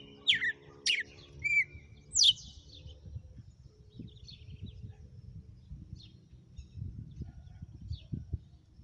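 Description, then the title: Red-cowled cardinal song: four sharp whistled notes at the start, then only faint chirps over steady low background noise. Female; song described as one whip-crack phrase after another. "Canto Galo Campina Fêmea 06. Galo de campina,hj foi um açoite atrás do outro???"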